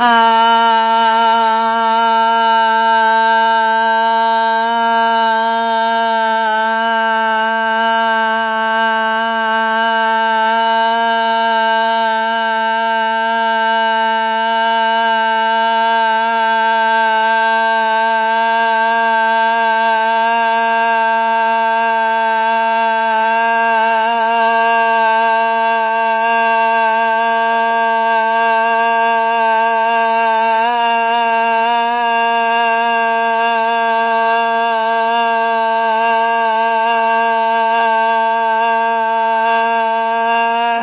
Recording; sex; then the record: sustained vowel /a/; female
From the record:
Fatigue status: no fatigue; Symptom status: asymptomatic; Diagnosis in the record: COVID-19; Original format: 3gp